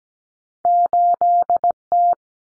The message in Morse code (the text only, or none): 8T